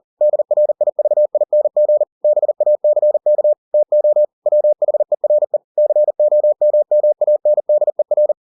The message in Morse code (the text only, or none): DRIVING BACK TO WHERE COMMANDER